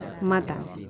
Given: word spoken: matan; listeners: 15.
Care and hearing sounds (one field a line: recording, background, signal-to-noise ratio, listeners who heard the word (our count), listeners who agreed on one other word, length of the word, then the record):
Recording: one Spanish word in noise, from a listening test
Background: eight-talker babble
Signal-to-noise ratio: 12.6 dB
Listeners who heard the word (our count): 0 of 15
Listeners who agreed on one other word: 11 of 15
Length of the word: 0.50 s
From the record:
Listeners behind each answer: 11, 2, 1, 1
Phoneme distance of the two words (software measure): 7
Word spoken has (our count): 2 syllables, 5 phonemes, stress on syllable 1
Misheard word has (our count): 2 syllables, 4 phonemes, stress on syllable 1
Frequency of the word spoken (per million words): 6.90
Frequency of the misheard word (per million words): 19.80